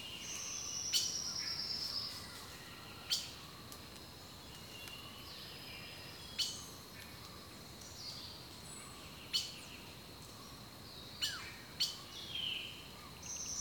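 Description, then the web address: Bird calls: brief sharp chips recurring every few seconds and a short whistle, over a continuous insect buzz. Rainforest birdsong. "The Natural Sounds of the Wilderness Echoes of Nature - Rainforest Birdsong"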